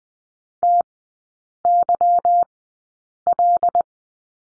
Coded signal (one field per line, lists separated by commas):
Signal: Morse code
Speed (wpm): 19 wpm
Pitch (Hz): 700 Hz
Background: none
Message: TYL